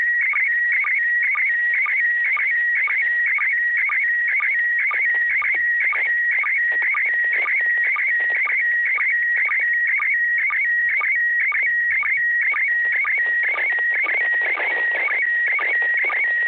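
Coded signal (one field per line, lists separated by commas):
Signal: SSTV (slow-scan television)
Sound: warbling high tone with rapid regular chirpy blips, about two per second, throughout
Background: radio static hiss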